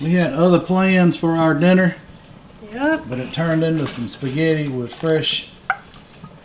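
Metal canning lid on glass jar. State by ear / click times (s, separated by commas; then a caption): seated / 5.7 s. Someone talks while hot glass jars of home-canned spaghetti sauce, made by the water bath method, cool on the counter. At 5.7 s a metal canning lid on one glass jar gives a sharp ping as it snaps down, showing the vacuum has sealed the jar.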